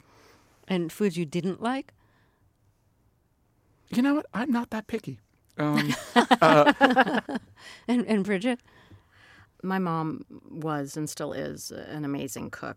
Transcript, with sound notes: And foods you didn't like?
You know what? I'm not that picky.
(LAUGHTER)
And Brigid?
My mom was and still is an amazing cook.